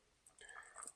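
A small plastic clip on the propeller guard of a folded DJI Mini 2 camera drone is unclipped to release the guard and take it off. After a faint tap at 0.3 s and rustling handling noise, two quick clicks at 0.8 s and 0.9 s mark the clip releasing.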